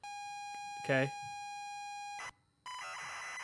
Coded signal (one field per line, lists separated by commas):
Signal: ZX Spectrum tape loading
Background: speech